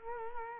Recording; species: mosquito wingbeat signal from an infrared sensor; Culex quinquefasciatus